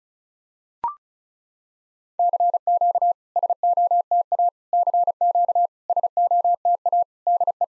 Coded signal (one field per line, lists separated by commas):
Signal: Morse code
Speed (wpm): 36 wpm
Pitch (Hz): 700 Hz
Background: none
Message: CQ SOTA CQ SOTA DE